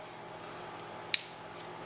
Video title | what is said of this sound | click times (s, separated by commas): Medic Box New to the channel | and these do lock into place so first up | 1.1 s